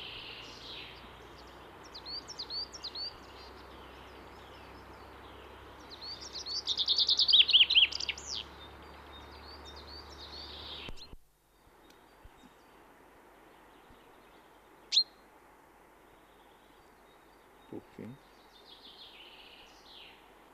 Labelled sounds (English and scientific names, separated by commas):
Common Chaffinch (Fringilla coelebs)